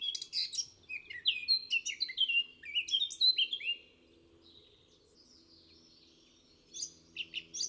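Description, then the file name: Eurasian blackcap song: a rapid run of downslurred whistled notes, then a quieter stretch and a short burst of warbling at the end; low steady hum beneath. "Sylvia atricapilla"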